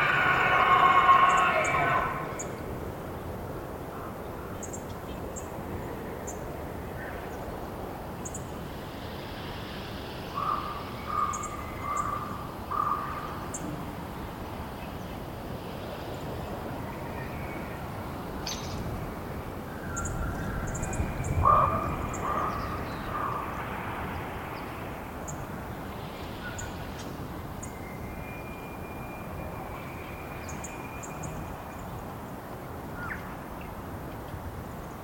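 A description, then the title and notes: Elk calls rise over a steady low rumble, with a loud squealing cry in the opening two seconds and a shorter shrill chirp near 21 seconds. Brief whistles and chirps come and go around 10–13 seconds, while faint high clicks and ticks repeat throughout. Jay - Raven - Elk Bull Ethereal Calls. These are all excerpts from the same 3.5 hour recording on the morning of September 18, starting pre-dawn. It was rutting season in the Colockum Wildlife area. These are raw tracks, down-mixed to stereo (from double-m/s). Elk, mostly bulls bugling, screaming, roaring, whistling, and chirping.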